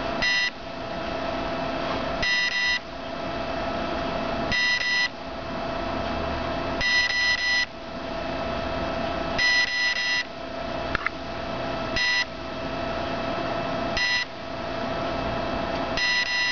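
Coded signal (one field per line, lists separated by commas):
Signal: beep code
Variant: CopterX 30A ESC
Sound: groups of about three short buzzy motor beeps repeating every two seconds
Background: steady electrical hum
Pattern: 3 short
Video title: CopterX 30AESC setting beep sequence.mp4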